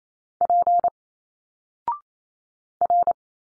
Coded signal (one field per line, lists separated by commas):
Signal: Morse code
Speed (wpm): 27 wpm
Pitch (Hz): 700 Hz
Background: none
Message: P R